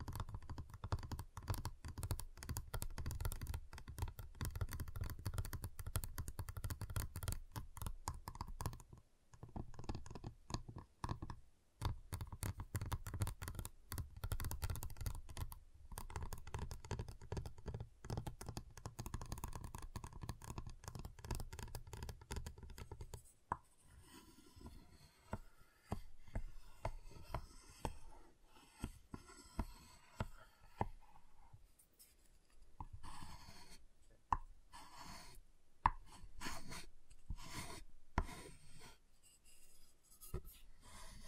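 A giant chocolate bar being tapped and cut, with dense, rapid clicking and scraping throughout. The first half carries a steady low rumble under quick taps; after about 23 seconds the sounds turn sharper and more separated, with crisp snaps and cracks.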